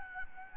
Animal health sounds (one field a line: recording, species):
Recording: mosquito wingbeat signal from an infrared sensor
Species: Anopheles gambiae